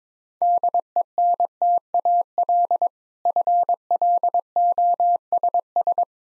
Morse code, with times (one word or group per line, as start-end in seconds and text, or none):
0.4-2.9 DENTAL
3.3-6.0 FLOSS